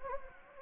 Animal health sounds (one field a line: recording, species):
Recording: mosquito wingbeat signal from an infrared sensor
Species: Anopheles gambiae